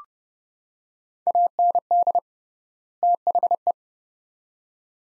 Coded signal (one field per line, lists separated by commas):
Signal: Morse code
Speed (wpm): 30 wpm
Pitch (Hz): 700 Hz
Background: none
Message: AND THE